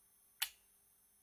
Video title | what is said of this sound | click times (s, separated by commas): #DIY Watch Winder Deluxe with links to code and 3D STL files below plus my #OLEDiMAX PCB by #Hayri | you did hear it click | 0.4 s